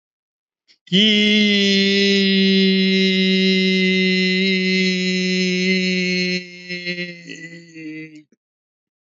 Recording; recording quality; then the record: sustained vowel as in beet; excellent, no background noise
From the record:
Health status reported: healthy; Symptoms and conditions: diabetes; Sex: male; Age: 50 years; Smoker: yes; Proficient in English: yes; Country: India